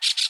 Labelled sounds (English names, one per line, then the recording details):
Brown-throated Parakeet contact call
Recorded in Aruba
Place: hill w/tanki N of Savaneta
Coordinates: 12.461, -69.944